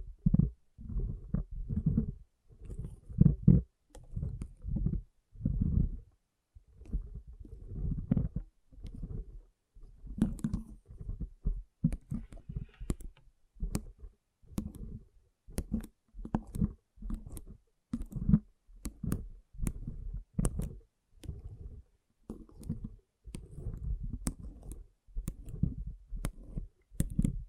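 Water beads being handled, with a dense run of soft, low squelching and rolling bursts that come and go every second or so. From around the middle, sharper bright clicks and ticks join in, scattered more often toward the end, while the low wet churning continues throughout.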